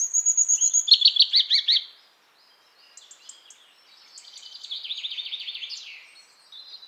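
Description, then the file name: European robin singing: a thin high whistle, then a rapid sparkling trill, a short pause, and a softer trilled phrase. "Erithacus rubecula"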